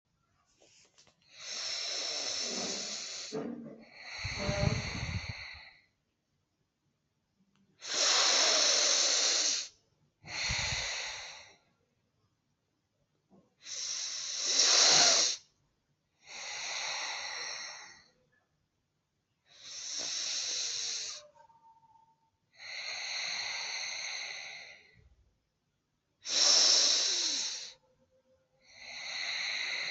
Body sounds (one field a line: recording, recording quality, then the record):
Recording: deep breathing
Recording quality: excellent, no background noise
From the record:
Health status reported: COVID-19 positive, mild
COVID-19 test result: positive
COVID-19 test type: RT-PCR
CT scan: not taken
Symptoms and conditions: cough, cold, sore throat, fever, fatigue, muscle pain, diabetes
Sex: female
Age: 49 years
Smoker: no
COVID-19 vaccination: both doses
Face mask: worn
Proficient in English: yes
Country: India